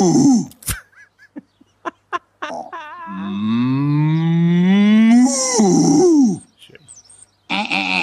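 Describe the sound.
Someone imitates a cow with one long, loud, drawn-out moo, a low voiced tone that slowly rises in pitch. A few short clicks and breaths come before it, and a breathy hiss follows.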